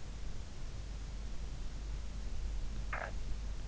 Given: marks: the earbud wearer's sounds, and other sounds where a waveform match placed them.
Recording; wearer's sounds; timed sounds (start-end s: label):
sounds in sleep by an in-ear microphone; snoring breath
2.73-3.38 s: snoring breath